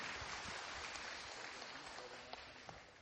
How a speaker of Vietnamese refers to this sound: Xin một tràng pháo tay thật lớn để chúc mừng.